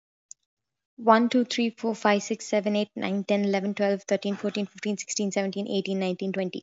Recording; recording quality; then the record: counting at a fast pace; excellent, no background noise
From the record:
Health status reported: healthy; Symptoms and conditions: none ticked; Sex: female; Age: 22 years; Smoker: not ticked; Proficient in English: yes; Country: India